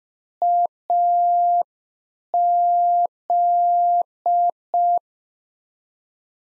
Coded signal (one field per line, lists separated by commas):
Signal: Morse code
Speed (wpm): 5 wpm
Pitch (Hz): 700 Hz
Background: none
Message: AZ